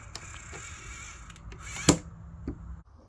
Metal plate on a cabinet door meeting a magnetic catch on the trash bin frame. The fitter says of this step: which ensures the door stays closed when you shut it and it makes a nice clicking noise when you close it